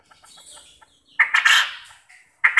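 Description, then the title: Quail calls: a loud, raspy, stuttering burst followed shortly by a second, with soft faint chirps at the start. Used as a lure to make quail answer and call lively. "Burung Puyuh Mana Yang Tidak Nyaut Dan Gacor Dengan Pancingan Ini"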